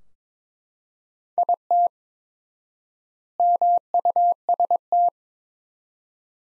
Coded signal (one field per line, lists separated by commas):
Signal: Morse code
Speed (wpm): 22 wpm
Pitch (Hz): 700 Hz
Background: none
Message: IT MUST